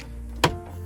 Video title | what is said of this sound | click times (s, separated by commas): Quick Fix: Replace Dash Trim Pieces - 1995 Ford F150 | you just push it and it snaps right in | 0.4 s